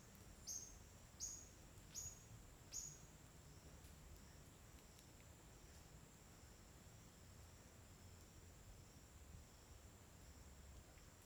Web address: Ambiente na beira do rio na mata com passaros e grilos homogeneos dia. local tocantins